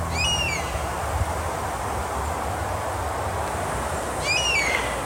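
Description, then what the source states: European honey buzzard calling, two clear high whistled wheeoo notes falling in pitch, about four seconds apart, over steady background hiss. Wild bird in the north of the Veluwe, Netherlands; the call came steadily closer and the bird finally flew over while calling.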